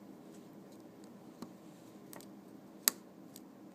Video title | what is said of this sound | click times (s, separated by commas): How to replace an iPhone 3G or iPhone 3GS battery | And you should hear them snap in there. | 2.9 s